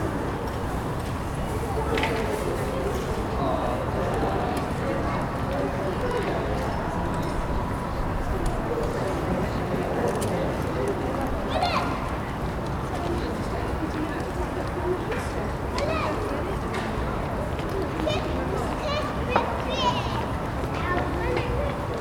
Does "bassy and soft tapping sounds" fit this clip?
no